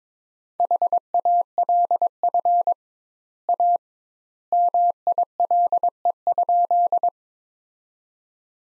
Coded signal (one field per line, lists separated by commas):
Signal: Morse code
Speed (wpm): 22 wpm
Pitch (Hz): 700 Hz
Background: none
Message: HALF A MILE?